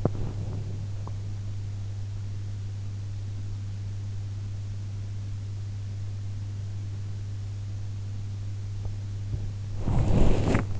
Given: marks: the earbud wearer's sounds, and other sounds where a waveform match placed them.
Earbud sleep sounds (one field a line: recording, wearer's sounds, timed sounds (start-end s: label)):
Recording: sounds in sleep by an in-ear microphone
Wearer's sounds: body movement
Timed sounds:
0.00-1.24 s: body movement
9.68-10.80 s: body movement